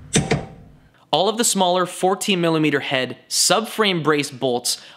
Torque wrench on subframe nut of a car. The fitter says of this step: it's the same spec for the front and rear nuts so tighten those nuts until you hear a click